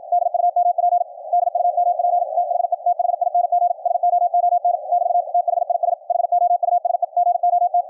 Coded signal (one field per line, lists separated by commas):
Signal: Morse code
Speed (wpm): 54 wpm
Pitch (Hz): 700 Hz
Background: none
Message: DUMP DUMP THE THING SOON <BT> THIS HOUSE GOT